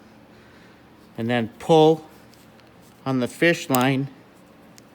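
A small check valve keeper on a Mikuni fuel pump is pulled into its seat in the pump body with fishing line while someone talks. A short, sharp click at 4.8 s marks the keeper popping into place, and it is seated.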